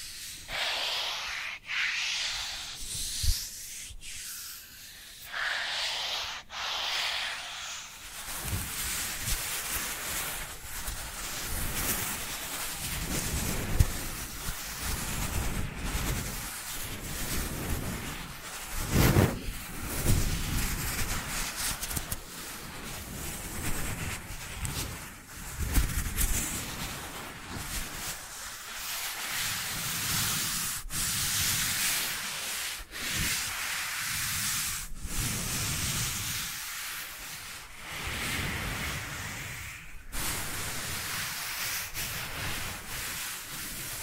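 Dry hands rub together in a steady, dense rasp, like light sanding, that runs almost without pause for the whole stretch. The first eight seconds are thinner and brighter, then the rubbing fills out lower and grows fuller, with brief sharper strokes and small dips throughout.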